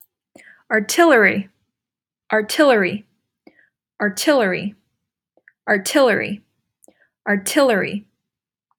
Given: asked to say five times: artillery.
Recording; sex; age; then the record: repeated word; female; 20 to 29 years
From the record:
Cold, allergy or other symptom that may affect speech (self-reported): no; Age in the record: 23 years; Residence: Virginia, United States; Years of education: 17